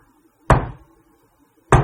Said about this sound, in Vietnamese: Thì khi mà bạn vừa mới nhắm mắt đâu có 2-3 giây à, tự nhiên bạn nghe tiếng gõ cửa. Mà không phải là cái tiếng gõ cửa dồn dập, mà cái kiểu cách đó các bạn vậy nè.